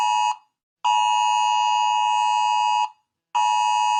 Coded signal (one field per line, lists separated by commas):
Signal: Emergency Alert System (SAME) tones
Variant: 853 and 960 Hz attention tone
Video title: Rating EAS Alarms part 2 (Finale)